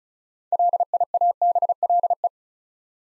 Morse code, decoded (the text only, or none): LIABLE